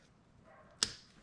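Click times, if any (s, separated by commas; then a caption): 0.8 s. A wiring pigtail connector on an STI's injector harness is lined up with a fuel injector's plastic terminal and pushed on over quiet background noise. A single sharp click is heard at 0.8 s, fading quickly, as the connector seats on the injector.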